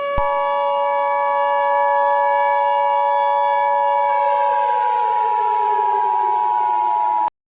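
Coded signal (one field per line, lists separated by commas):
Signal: Emergency Alert System (SAME) tones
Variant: 853 and 960 Hz attention tone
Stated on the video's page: Joke EAS scenario, not a real alert.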